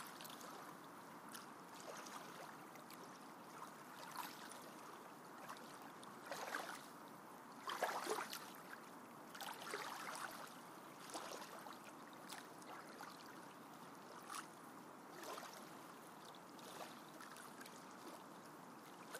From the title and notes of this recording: ASMR Lake Ambiance White Noise.